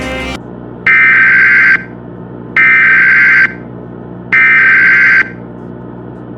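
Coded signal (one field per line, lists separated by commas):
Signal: Emergency Alert System (SAME) tones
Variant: header bursts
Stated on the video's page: Fictional street lights scenario, remastered.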